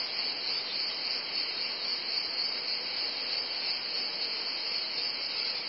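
Constant cicada drone, high and piercing, holding steady for the whole stretch over an even background hiss.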